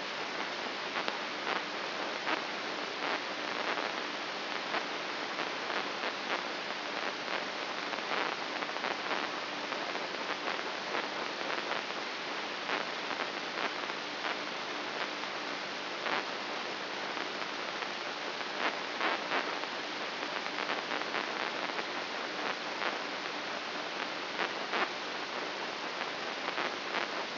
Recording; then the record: brain microelectrode recording played as sound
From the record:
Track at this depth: inside the subthalamic nucleus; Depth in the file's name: 5.083 mm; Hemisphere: left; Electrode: 3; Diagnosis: Parkinson's disease